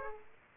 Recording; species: mosquito wingbeat signal from an infrared sensor; Aedes aegypti